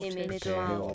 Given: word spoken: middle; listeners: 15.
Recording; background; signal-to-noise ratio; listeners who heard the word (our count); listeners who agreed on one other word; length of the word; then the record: one English word in noise, from a listening test; four-talker babble; -2.1 dB; 0 of 15; 13 of 15; 0.54 s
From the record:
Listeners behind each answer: 13, 1, 1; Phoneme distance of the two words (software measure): 24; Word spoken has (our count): 2 syllables, 4 phonemes, stress on syllable 1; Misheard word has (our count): 2 syllables, 4 phonemes, stress on syllable 1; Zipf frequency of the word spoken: 5.23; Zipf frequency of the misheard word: 4.64